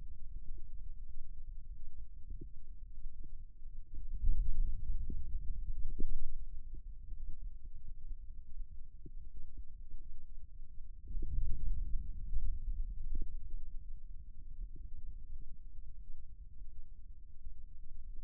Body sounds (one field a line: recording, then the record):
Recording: forearm muscle sounds (acoustic myography)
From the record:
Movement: radial deviation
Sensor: system 2, bracelet of six BSWA MPA416 microphones around the upper forearm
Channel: 2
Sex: male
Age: 22 years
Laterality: right